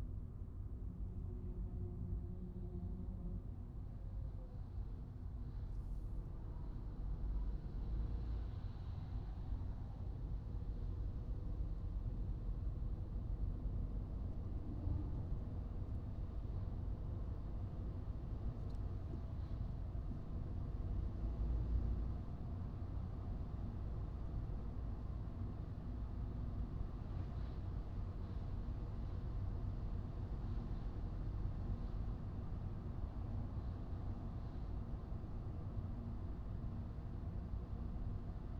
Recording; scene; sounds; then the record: everyday scene through a hearing-aid microphone; in a vehicle; engine, highway driving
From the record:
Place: Skoda Fabia, gasoline engine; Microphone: in the ear canal, right